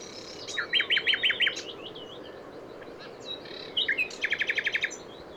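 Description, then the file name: Common nightingale delivering two bursts of rapid, chopped repeated notes separated by a softer warbling pause. "Luscinia megarhynchos"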